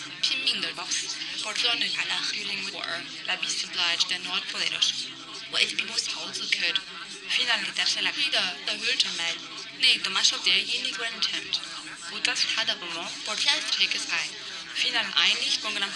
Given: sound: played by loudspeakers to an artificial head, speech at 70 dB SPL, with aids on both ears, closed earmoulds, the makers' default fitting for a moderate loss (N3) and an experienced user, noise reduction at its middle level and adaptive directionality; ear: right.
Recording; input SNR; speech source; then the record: speech test signal (ISTS) in cocktail-party noise; 0 dB; on the right (90 degrees)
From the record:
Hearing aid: class 1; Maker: B